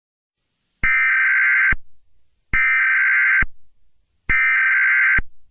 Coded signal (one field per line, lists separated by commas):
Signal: Emergency Alert System (SAME) tones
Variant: header bursts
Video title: EAS Mock - Chicago Superflood